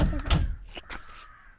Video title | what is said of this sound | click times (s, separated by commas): Hyundai verna Car seat wheelchair home made | ലോക്കായി ഇപ്പുറം lock ആയോ എന്ന് നോക്കുക | 0.3 s